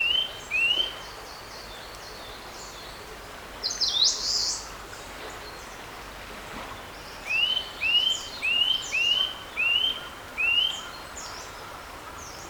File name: Sitta europaea